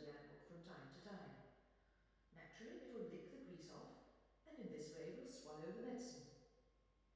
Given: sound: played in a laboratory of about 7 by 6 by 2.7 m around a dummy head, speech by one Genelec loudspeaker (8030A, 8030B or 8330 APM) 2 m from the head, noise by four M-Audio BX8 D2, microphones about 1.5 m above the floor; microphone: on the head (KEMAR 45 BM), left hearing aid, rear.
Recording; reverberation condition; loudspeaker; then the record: female speech in English; high; 90 degrees to the right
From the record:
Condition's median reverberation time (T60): about 1300 ms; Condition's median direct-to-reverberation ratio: about -4.0 dB